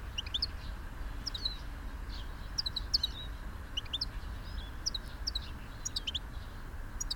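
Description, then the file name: European goldfinch calling with scattered liquid twittering notes and quick high chirps in loose bursts throughout, against a constant low background hum. "Carduelis carduelis"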